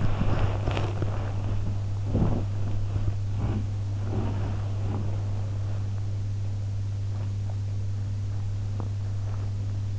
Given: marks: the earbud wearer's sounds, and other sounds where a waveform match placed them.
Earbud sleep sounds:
sounds in sleep by an in-ear microphone; body movement
0.00-5.85 s: body movement

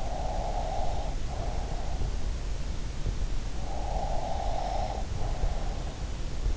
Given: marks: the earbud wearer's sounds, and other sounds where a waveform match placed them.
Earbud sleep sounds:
sounds in sleep by an in-ear microphone; breath
0.00-2.06 s: breath
3.94-6.07 s: breath

